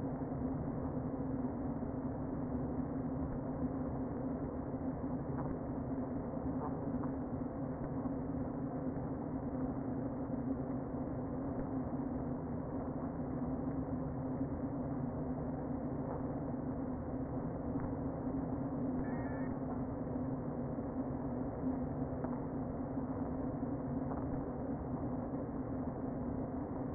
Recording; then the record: honeybee colony, microphone inside the hive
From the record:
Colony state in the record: queen present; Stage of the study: before two queens were removed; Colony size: about 60,000 bees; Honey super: yes